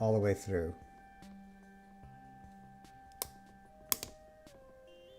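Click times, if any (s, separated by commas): 3.2 s, 3.9 s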